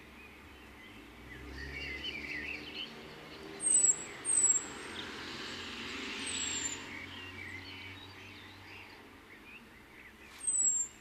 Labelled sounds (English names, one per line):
Common Blackbird